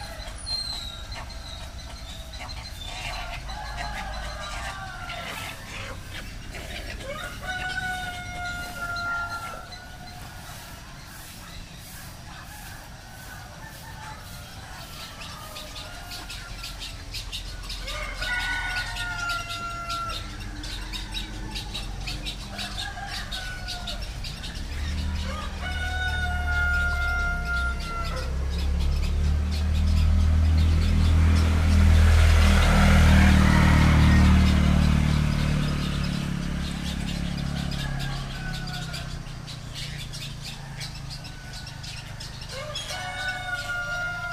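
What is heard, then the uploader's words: Outdoor village ambience with roosters crowing at intervals and hens clucking, among scattered chirping birds. A low rumble, like a passing motorbike or engine, swells from about 25 to 37 seconds and then fades, over a steady background hum. Balinese Village Ambiance.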